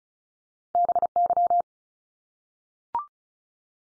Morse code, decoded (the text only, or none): BY